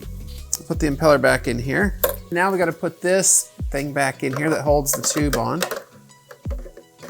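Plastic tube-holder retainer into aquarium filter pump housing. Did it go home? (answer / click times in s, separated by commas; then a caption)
no / none. On a Fluval C3 aquarium power filter, after the impeller has been put back, the plastic retainer that holds the intake tube is handled at the pump housing while someone talks, with small plastic knocks and a sharp tap at 0.5 s. Nothing has seated or clicked yet.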